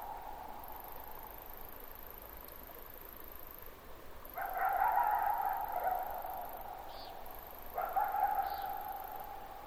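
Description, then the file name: Coyote: two sustained howls with abrupt starts, a fainter long tone before them, plus two short high notes. At night; possibly 22 July 2005. "jh-050722-nightcoyote"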